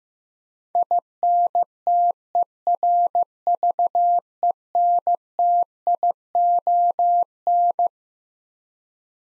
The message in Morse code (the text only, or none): INTERVENTION